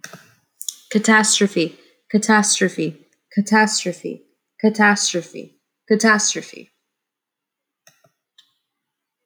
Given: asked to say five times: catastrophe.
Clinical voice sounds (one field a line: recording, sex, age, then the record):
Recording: repeated word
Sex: female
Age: 30 to 39 years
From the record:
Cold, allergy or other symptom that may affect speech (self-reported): no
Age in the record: 30 years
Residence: Virginia, United States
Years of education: 16